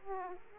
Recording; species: mosquito wingbeat signal from an infrared sensor; Aedes aegypti